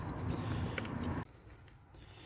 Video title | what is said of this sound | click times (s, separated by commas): Jazabella Needs Help - Part 2 | Right, that's on. Now obviously there's going to be no click because the clip has actually broken, | none